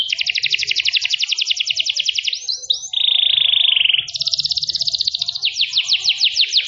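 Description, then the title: Canary song: fast buzzy trills shifting in pitch, brief rising notes, then a steady buzzy tone before fast trills resume. Canary singing a long cengkok song in a fine, special style. "Cengkok Kenari Mewah. Kenari mewah durasi panjang. Cengkok enak gaya istimewa"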